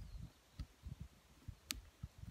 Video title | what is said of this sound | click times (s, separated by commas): Audi A6 Avant 2005 Pin Terminal Connector Removal Tool VAS1978/18 Home Made VAG VW Kirby Hair Grip. | one, you can hear it click. I can hear it click. That's it back in again. | 1.7 s